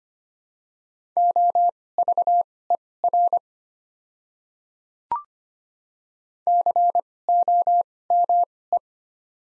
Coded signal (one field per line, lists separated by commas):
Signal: Morse code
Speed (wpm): 25 wpm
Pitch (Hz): 700 Hz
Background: none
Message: OVER COME